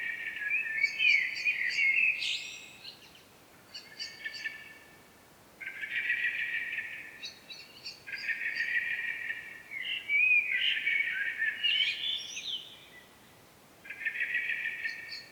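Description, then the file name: Common blackbird giving a run of repeated warbled phrases, each mellow and fluting with brief high twitters, separated by short pauses. "Turdus merula"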